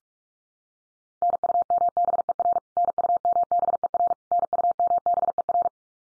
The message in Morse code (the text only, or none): NUMBER NUMBER NUMBER